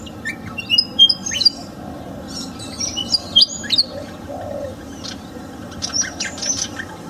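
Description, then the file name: Pied fantail singing two bursts of sweet, high whistles that slide up and down, then a pause and scratchier chirps, with a constant low hum behind. In a garden. "kipasan kebun. omkicau"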